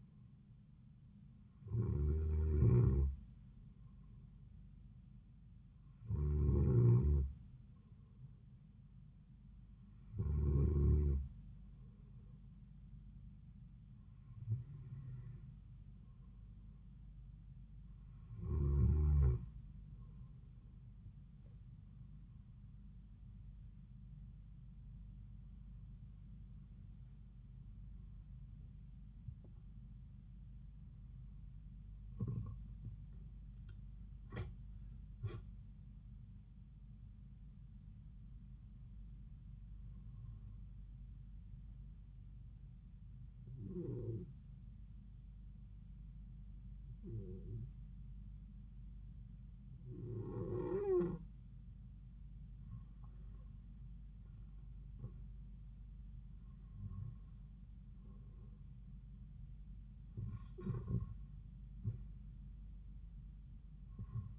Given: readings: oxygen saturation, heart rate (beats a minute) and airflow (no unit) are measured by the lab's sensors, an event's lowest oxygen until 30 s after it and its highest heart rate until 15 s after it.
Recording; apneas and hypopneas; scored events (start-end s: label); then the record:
breathing in sleep by a smartphone at the bedside; 2
4.00-28.00 s: hypopnea (N2, oxygen 94% highest, then 94% lowest)
43.00-58.20 s: hypopnea (N2, oxygen 95% highest, then 91% lowest)
From the record:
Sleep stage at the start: N2 (light sleep); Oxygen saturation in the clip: 93 to 95%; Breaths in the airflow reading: 15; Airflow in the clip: -5.7 to 6.9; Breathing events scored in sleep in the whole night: 270 in 6.1 hours asleep